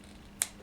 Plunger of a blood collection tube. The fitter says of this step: To prevacuum additional blood tubes, pull down on the plunger until an audible click can be heard